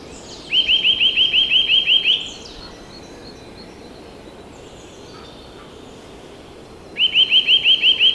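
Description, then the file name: Eurasian nuthatch calling: a quick run of about eight clear, ringing upslurred notes, then a second run after a quiet gap, over steady background hiss. "Sitta europaea"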